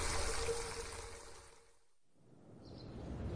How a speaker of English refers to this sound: But the tap's running. Is the toilet wired for sound, you know?